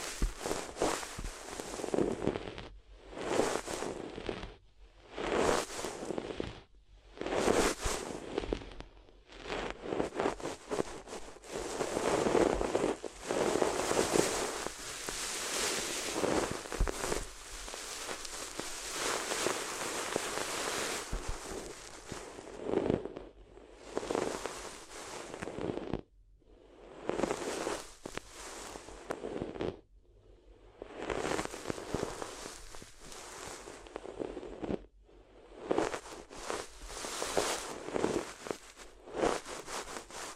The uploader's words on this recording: ASMR If You Had Paper Ears (No Talking).